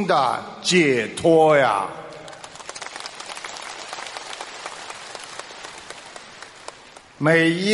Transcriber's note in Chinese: 掌声